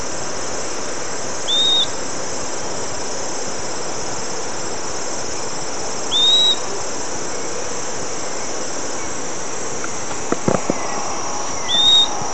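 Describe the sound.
Bird giving short, rising, slurred whistles every few seconds over a steady high insect buzz, with a few faint clicks near the end.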